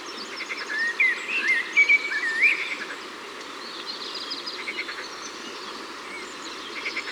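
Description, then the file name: Eurasian blackbird delivering one warbling fluted phrase early on, with fainter twittering and trills in the background throughout. Ardèche, France. "Merle-Noir-Concerts-Naturels-De-l Ardeche"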